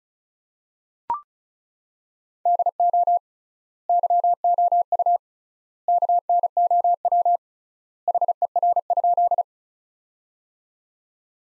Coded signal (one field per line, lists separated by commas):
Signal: Morse code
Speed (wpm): 36 wpm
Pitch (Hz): 700 Hz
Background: none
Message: DO YOU KNOW HER?